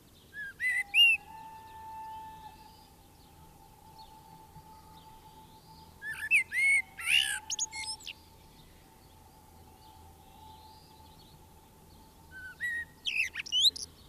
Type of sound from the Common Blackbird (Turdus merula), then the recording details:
song. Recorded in the wild. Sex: male. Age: adult. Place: Garmisch-Partenkirchen, Bayern, DE. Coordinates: 47.4875, 11.0844. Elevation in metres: 701. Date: 1968-04-21. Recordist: Tretzel, Erwin